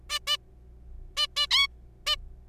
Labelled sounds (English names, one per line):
Zebra Finch